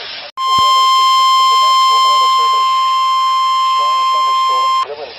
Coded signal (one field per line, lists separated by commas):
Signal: Emergency Alert System (SAME) tones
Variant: 1050 Hz attention tone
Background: speech